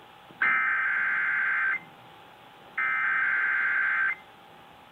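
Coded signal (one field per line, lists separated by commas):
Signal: Emergency Alert System (SAME) tones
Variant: header bursts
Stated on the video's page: Required weekly test aired on an AM station, though intended as a required monthly test.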